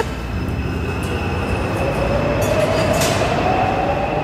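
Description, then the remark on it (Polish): A metro train rumbles steadily through an underground station, a dense low roar with a rising whine of wheels and faint high hiss and squeal bursts, no voices. “Pani do metra.”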